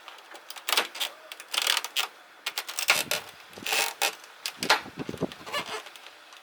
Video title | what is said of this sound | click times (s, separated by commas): IM BACK! E92 M3 Front Grill Replacement | Just hear the clicks. You know | 2.9 s, 4.7 s